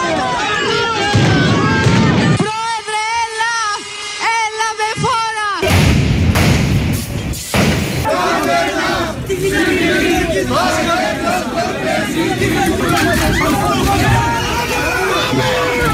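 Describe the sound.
Pensioners and unemployed people, among them members of PAME and ADEDY, clash with riot police (MAT) outside Parliament, protesting the new social-insurance law: a loud crowd shouts and chants in unison, then a steady uproar of many voices continues, punctuated by heavy thuds and bangs.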